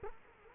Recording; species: mosquito wingbeat signal from an infrared sensor; Culex quinquefasciatus